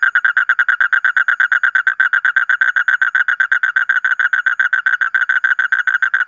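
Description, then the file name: Asian common toad producing a rapid, rhythmic pulsed trill, notes tightly spaced and steady for the whole stretch. "suara kodok bangkong kolong kodok buduk"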